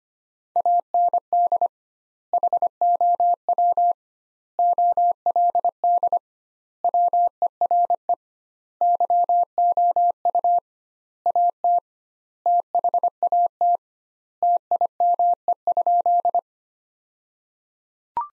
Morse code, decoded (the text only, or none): AND HOW OLD WERE YOU AT THAT TIME?